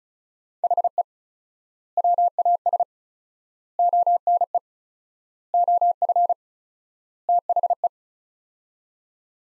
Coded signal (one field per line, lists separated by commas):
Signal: Morse code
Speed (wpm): 36 wpm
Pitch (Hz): 700 Hz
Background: none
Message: HE WAS ONE OF THE